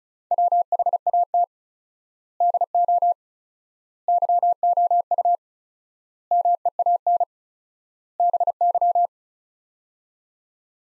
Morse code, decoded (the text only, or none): WHAT DO YOU MEAN BY